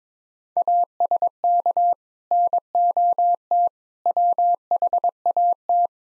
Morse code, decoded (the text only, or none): ASK NOT WHAT